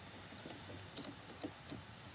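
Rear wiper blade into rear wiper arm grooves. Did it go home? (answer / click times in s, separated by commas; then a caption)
no / none. A rear wiper blade for a third-generation Toyota Prius is dropped into the grooves of the rear wiper arm mount and positioned, ahead of being slid forward. Soft handling scrapes and light taps, the sharpest near 1.0 s and 1.7 s, sit over a steady low background hiss. Nothing has clicked home yet; the blade is only lined up in the grooves.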